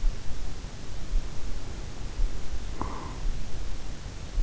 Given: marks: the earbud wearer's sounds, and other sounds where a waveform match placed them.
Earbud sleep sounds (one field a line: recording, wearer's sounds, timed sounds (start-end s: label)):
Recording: sounds in sleep by an in-ear microphone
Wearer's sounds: breath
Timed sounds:
0.92-3.65 s: breath